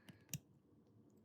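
The sliding socket of a Klein Tools flip-socket screwdriver is pulled back along the handle shaft to switch it into nut driver mode. A faint tick at 0.1 s is followed by a sharp detent click at 0.3 s, with another faint tick at the very end. The socket seats in nut driver position, though it feels more jiggly afterwards.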